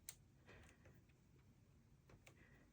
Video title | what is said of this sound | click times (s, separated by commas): Ryzen 5 3600 and Kingston Fury RGB 16GB DDR 3200MHz Installation | Actually, I did hear a click on this side, so | 0.1 s, 2.3 s